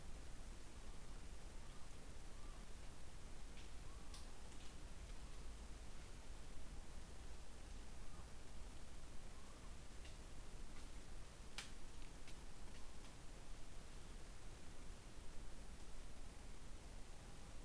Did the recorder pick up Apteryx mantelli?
no